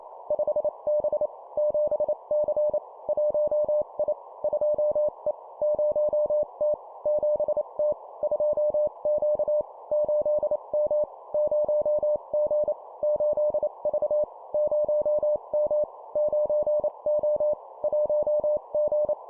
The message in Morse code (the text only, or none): 5B 7C 1I 2E 0T 7T 2Q 8M 0G 8V 0M 9O 1G